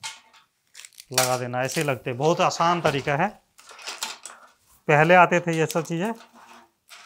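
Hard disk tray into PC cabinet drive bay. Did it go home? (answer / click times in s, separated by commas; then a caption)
no / none. During a PC build, a plastic hard-disk tray (caddy) is handled at the PC cabinet's drive bay while someone talks, with a few faint handling knocks between the speech. The tray has not yet gone home, and nothing has seated or clicked yet.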